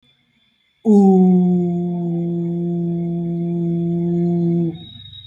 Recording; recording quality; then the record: sustained vowel as in boot; excellent, no background noise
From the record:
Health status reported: healthy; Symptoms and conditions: none ticked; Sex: male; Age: 30 years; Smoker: not ticked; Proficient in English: yes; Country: India